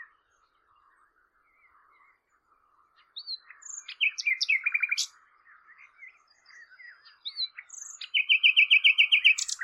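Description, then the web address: Bird song of quick chirps, buzzy trills and whistled notes, quiet at first then lively bursts. "Bird Only"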